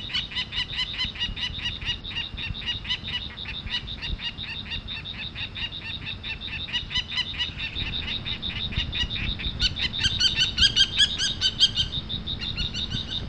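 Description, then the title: Common kestrel calls: a long, rapid series of shrill, harmonic kee notes running throughout, growing louder and more intense near the end. Baiyangdian; the kestrel is described as a "vole killer". "家住白洋淀——我的观鸟笔记 “田鼠杀手”红隼"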